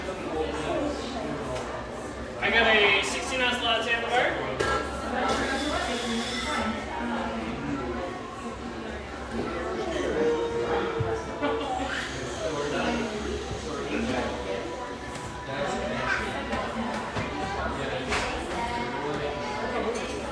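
A busy café murmurs with overlapping voices and chatter, punctuated by occasional clinks and clatter, especially around three and six seconds.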